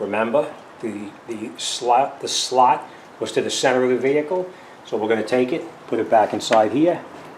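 Someone talks while handling a plastic tail lamp housing clip, lining it up so its slot faces the center of the vehicle before putting it back inside the body slot. Nothing has seated or clicked yet; the clip is still being handled and has not locked in.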